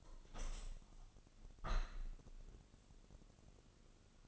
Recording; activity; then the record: daily activity, microphone in the room; open window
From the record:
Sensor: 4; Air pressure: 1001.2 hPa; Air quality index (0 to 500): 176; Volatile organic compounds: 2 ppm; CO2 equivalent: 1258 ppm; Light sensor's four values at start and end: 12/28/11/12 and 12/28/11/12